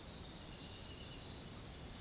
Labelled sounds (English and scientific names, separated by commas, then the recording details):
none
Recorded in pastures near Puerto Asís, Putumayo, Colombia, on 9 March 2025 at 06:00
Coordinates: 0.486, -76.323
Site G075